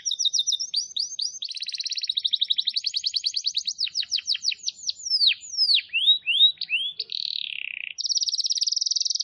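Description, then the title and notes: Canary song mixing fast buzzy trills, rapid rising note runs and curved falling whistles, closing with a steady high trill. Lure recording (pikat) meant to attract birds. "Pikat Burung Baru. kenari"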